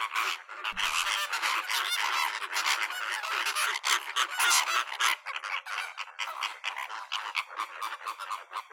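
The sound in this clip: Bird calls: a dense chorus of many honking birds calling over one another, harsh and overlapping without pause for the whole stretch.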